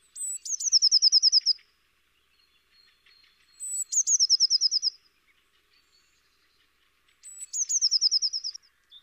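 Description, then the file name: Eurasian blue tit giving three matching phrases about three seconds apart, each a thin high note followed by a quick, slightly falling trill of around ten ringing notes. "Cyanistes caeruleus"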